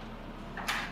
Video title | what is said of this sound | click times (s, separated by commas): Don't Make These Mistakes With Your Home Appliance In America! | so these have a lock and to get these ones open again you have to pull to the side you'll hear a click | 0.6 s, 0.7 s